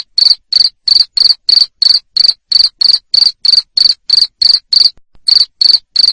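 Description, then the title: Cricket sounding a steady train of high, rasping chirps, about three per second, with one brief silence near the end. Loud cricket chirping used to stimulate lovebirds to sing continuously. "Suara JANGKRIK NGERIK Keras Bikin LOVEBIRD Jadi NGEKEK Terus Vubey"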